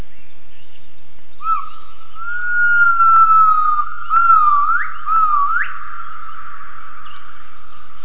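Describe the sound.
Gibbon call: a long, steady whistled tone that wavers slightly, then breaks into two quick upward swoops, over a constant high, pulsing background tone.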